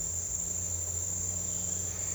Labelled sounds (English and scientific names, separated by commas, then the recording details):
none
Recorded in dense forest near Puerto Asís, Putumayo, Colombia, on 16 December 2024 at 08:00
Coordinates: 0.468, -76.322
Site G071